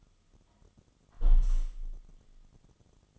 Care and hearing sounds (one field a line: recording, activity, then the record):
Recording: daily activity, microphone in the room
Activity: close window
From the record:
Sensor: 4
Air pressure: 1005.5 hPa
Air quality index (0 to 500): 99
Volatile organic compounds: 2 ppm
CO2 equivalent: 1228 ppm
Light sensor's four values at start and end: 13/29/11/11 and 13/29/11/11